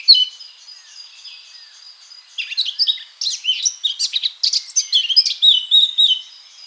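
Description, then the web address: Eurasian blackcap song: soft, scratchy chatter gives way to a long, fast stream of varied warbled and fluty notes that keeps going to the end. "SETE Sylvia atricapilla"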